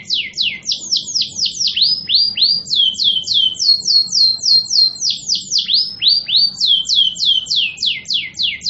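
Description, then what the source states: Canary delivering a continuous rolling song of quick, sharply falling notes, switching between repeated phrase types every second or two, over a soft low hum. Canary described as 'gacor', an Indonesian term for a bird that sings vigorously and constantly.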